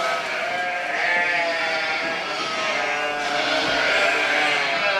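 Sheep bleating: wavering, nasal bleats run almost continuously, overlapping one another throughout.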